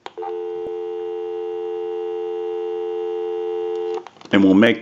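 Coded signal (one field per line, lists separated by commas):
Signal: telephone call progress tone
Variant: North America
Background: speech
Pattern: dial tone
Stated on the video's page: Call progress tone on a Western Electric 302 rotary dial desk telephone during initial checkout and repair.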